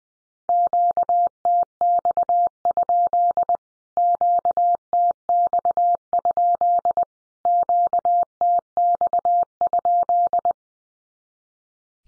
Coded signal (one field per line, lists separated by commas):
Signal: Morse code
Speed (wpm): 20 wpm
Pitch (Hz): 700 Hz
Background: none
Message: QTX? QTX? QTX?